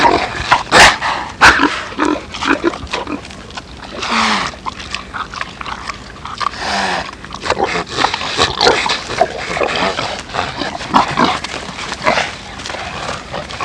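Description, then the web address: Pigs squealing and grunting loudly, harsh overlapping cries with a few sliding squeals and irregular bursts of noise. "laute schweine"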